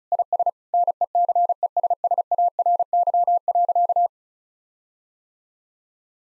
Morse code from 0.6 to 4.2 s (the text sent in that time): NECESSARY.